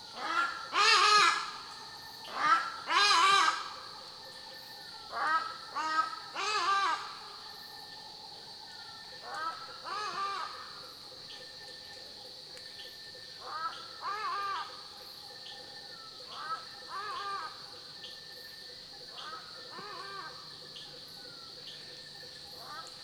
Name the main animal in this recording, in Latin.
Bostrychia hagedash